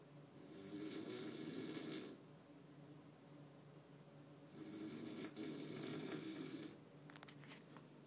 Trying to sleep in a hotel room with friend who snores.